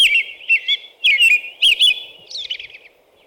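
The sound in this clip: American robin song, a run of clear, slurred whistled phrases rising and falling, with a softer, higher chattering phrase near the end.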